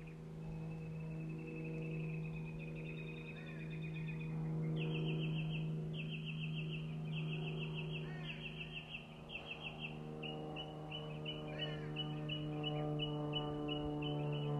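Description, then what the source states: Birds singing: a thin trill, then a long series of bright, evenly repeated notes several per second, over a steady low hum. Birds singing in the morning.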